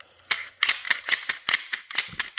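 The magazine is dropped out of a Glock pistol fitted in a CAA Micro Roni Gen 4 chassis, so the firearm is no longer live while it is being handled. A sharp clack at 0.6 s marks the magazine releasing, followed by a series of further sharp clacks and rattles through the rest of the clip. The magazine is released from the pistol.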